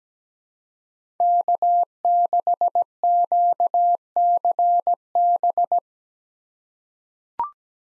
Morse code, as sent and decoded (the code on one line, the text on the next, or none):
-.- -.... --.- -.-. -...
K6QCB